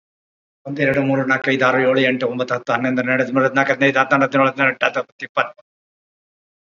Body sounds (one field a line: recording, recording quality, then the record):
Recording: counting at a fast pace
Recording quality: excellent, no background noise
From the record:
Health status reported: COVID-19 positive, moderate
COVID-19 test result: positive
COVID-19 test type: RT-PCR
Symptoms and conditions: cough, cold, fever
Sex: male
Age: 70 years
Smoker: no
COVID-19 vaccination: both doses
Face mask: worn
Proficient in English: no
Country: India